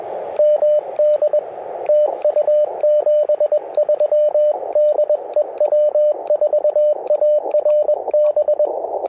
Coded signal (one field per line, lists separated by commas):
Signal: Morse code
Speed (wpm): 21 wpm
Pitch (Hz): 600 Hz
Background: radio noise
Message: MD TU 73 DE W4ARB